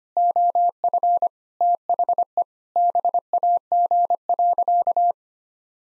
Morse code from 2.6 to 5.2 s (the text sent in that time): BAG.